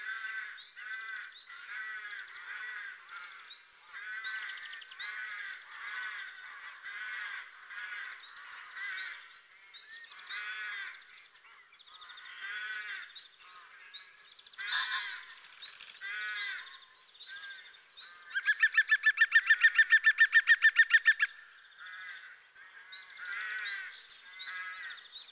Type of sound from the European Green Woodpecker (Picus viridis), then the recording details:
song. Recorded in the wild. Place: March - Hugstetten /Breisgau, Baden-Württemberg, DE. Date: 2009-04-05. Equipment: MiniDisc Sharp MT 20 H. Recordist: Schwarz, Dieter. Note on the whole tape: Song